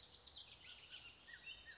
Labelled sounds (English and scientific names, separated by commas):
Bullock's Oriole (Icterus bullockii)